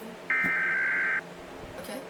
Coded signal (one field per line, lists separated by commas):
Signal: Emergency Alert System (SAME) tones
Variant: header bursts